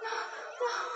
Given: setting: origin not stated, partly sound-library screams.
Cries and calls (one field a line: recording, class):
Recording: one-second piece from a danger detection set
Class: woman in danger